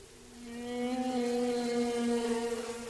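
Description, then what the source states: Humpback whale song: a sustained, slightly wavering tonal moan with strong harmonics, swelling in loudness and holding steady to the end. Song of a male humpback; described as at times like a creaking door, at other times more melodic.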